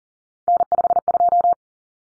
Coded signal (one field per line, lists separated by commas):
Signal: Morse code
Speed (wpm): 40 wpm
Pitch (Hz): 700 Hz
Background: none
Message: N52